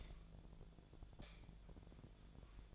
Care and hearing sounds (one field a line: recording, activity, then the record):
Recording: daily activity, microphone in the room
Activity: light on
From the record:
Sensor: 5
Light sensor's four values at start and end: 140/359/149/158 and 140/361/150/159